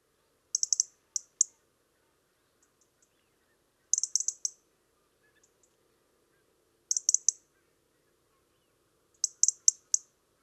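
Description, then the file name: European robin giving sharp, dry ticking calls in quick bursts of three to five, each burst about three seconds apart, with a few soft faint notes between. "Erithacus rubecula"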